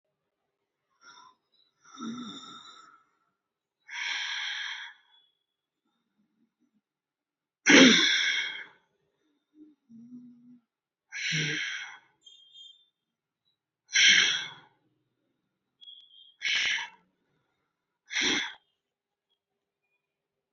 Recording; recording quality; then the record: deep breathing; excellent, no background noise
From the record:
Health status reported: healthy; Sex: male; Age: 53 years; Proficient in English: yes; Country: India